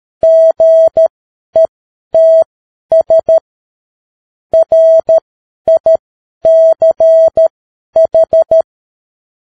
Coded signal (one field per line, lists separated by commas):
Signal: Morse code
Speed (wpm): 13 wpm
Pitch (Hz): 650 Hz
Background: none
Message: GETS RICH